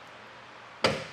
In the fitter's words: until it clicks into place